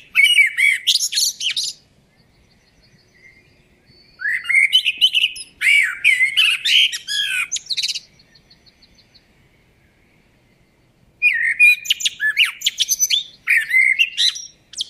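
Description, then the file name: Common blackbird singing three phrases of mellow warbling that turn into high, scratchy twitters. Short, faint high trills sound in the gaps between the phrases. "Turdus merula"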